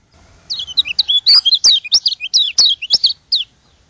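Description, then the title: White-eye song, a quick burst of high, thin slurred whistles and chips lasting about three seconds, starting after a short quiet lead-in. From Lombok. "Plecir3un. Suara burung pleci lombok"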